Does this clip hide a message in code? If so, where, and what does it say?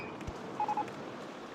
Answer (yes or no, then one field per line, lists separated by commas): no